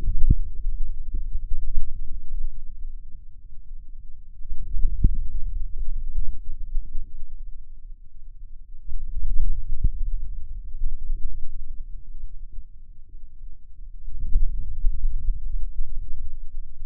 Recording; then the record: forearm muscle sounds (acoustic myography)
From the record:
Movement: hand closing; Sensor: system 2, bracelet of six BSWA MPA416 microphones around the upper forearm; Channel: 5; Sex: male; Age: 22 years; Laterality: right